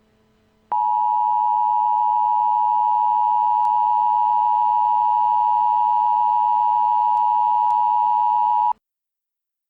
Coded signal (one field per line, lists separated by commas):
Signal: Emergency Alert System (SAME) tones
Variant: 853 and 960 Hz attention tone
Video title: EAS Senario- Shadow Demons